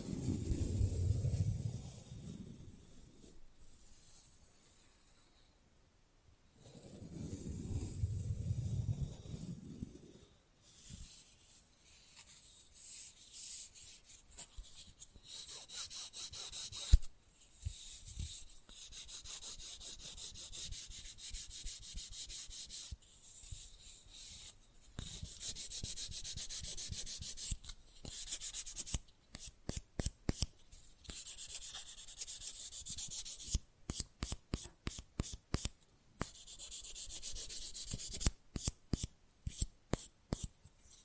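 Fast, rough nail filing in bright, scratchy strokes, with low rumbling bursts early on, then quick regular back-and-forth strokes separated by short pauses.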